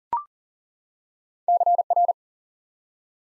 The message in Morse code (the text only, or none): CR